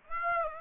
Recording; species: mosquito wingbeat signal from an infrared sensor; Aedes aegypti